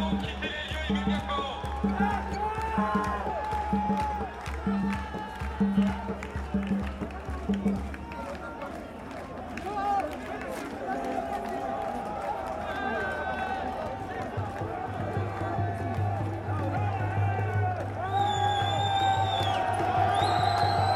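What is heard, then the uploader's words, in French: The end of a street demonstration in Paris, with a dense crowd of overlapping voices talking and calling out throughout. A steady low rumble runs underneath, and bright whistles or shrill tones rise over the crowd toward the end, around the last five seconds. Fin de manifestation - Marche des solidarités Paris.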